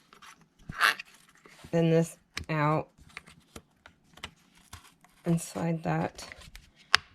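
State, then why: Seated. A lower rail mod with striker handle is slid onto the lower rail of a KS7 shotgun and pushed home while someone talks, with small scrapes and ticks as it moves along the rail. A sharp snap at 7.0 s marks the part seating into place.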